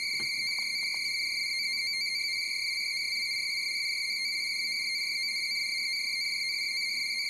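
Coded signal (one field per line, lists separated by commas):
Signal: NAVTEX (SITOR-B)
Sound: steady rapid warbling two-tone chirr around 2 kHz, continuous for seven seconds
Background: a few faint clicks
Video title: Decoding NAVTEX Weather Broadcasts on an Android Device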